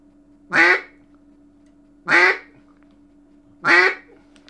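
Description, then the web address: Mallard quacks, three loud nasal calls spaced about one and a half seconds apart, each short and harsh, over a steady low hum. "Duck Mallard"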